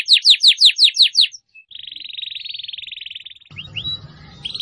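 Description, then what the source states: Atlantic canary: about seven loud descending chirps, then a steady buzzy trill, then scattered rising whistles over soft low background rumble. Canary song used as a lure to attract birds.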